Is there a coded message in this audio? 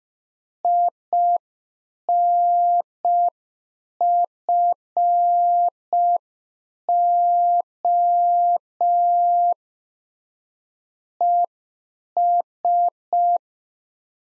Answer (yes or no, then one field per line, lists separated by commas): yes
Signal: Morse code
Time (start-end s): 0.6-13.4 s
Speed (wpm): 5 wpm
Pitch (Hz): 700 Hz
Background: none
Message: INFO ES